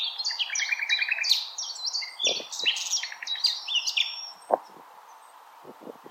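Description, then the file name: Common nightingale song, fast repeated notes and chattering trills, with a few low knocks and thumps. Recorded 16 April 2021. "Nightingale-210416"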